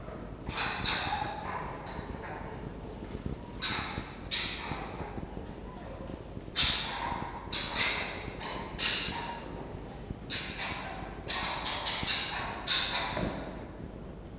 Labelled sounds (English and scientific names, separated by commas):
Red Fox (Vulpes vulpes)